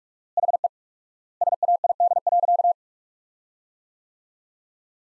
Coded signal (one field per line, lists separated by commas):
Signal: Morse code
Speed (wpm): 42 wpm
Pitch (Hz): 700 Hz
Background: none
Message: HE SAID.